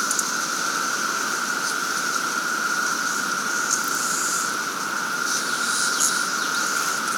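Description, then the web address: Cicadas in a dense chorus, a continuous even drone with brief higher flickers above it. Cicadas at Sangchris Lake. "The Psychologically Ultimate 220 Year Cicada Bloom. Sangchris Lake Cicadas"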